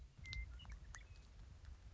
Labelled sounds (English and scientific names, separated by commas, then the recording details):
Western Meadowlark (Sturnella neglecta)
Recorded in Sonoma County, California